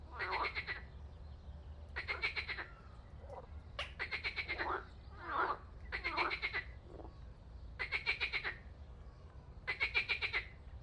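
Frog croaking: six rasping, pulsed croaks roughly every two seconds, with softer short notes between them over a low steady hum.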